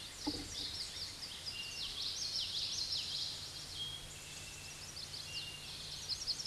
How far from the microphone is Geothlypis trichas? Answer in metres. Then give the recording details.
about 30 m. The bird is about level with the microphone. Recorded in a Pennsylvania forest on 16 May 2024 at 06:33. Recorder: AudioMoth, point MSD-1418. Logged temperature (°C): 16.4 °C. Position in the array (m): 236 m, 175 m